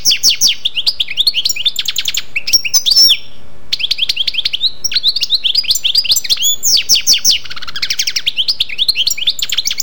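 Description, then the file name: European goldfinch singing almost without pause, a rapid jumble of bright twitters, trills and buzzy notes. "Jilguero"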